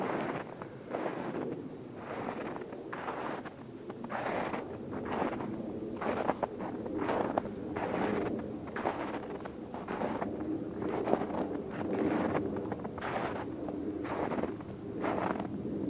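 Footsteps crunch through snow in a steady, regular rhythm, each step a soft rasping burst, with a faint low rumble underneath throughout.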